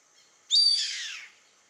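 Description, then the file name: Yellow-headed caracara letting out a single rough, piercing cry that descends and trails off after under a second. "Canto do gaviao carrapateiro Milvago chimachima"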